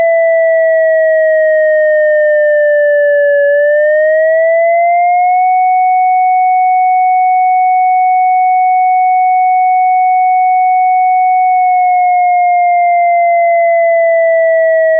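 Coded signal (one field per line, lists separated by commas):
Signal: siren signal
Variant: electronic siren controller synth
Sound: a pure electronic siren tone that dips, rises, holds steady, then slowly falls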